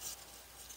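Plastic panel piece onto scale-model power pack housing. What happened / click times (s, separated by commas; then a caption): The plastic panel is being handled but has not snapped into place yet / none. A plastic panel piece is lined up by its holes and handled against the power pack housing of a Fanhome R2-D2 scale model. Soft rubbing and handling noise is heard, a little louder in the first 0.1 s, then quiet and steady. Nothing has snapped or seated yet.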